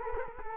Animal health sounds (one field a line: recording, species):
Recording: mosquito wingbeat signal from an infrared sensor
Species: Culex quinquefasciatus